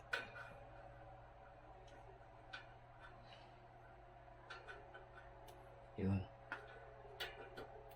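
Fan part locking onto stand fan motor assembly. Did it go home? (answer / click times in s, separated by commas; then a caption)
yes / 6.5 s. While a stand fan is being reassembled as a replacement for a slow-spinning one in the living room, a part is fitted onto the fan's motor assembly and turned or pressed to lock, with short clicks and someone talking. The part clicks into place at 6.5 s and is locked.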